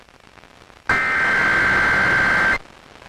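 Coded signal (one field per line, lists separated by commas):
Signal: Emergency Alert System (SAME) tones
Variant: header bursts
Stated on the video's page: Required Monthly Test tones recorded off air from FM station WHAJ 104.5, interrupting a song.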